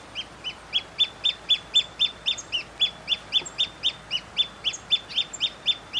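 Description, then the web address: Pearl kite giving a fast, regular series of thin, high chipping notes, about four per second, continuing steadily throughout. "sound Pearl-kite. دانلود-صدای-پرنده-کورکور-مرواریدی"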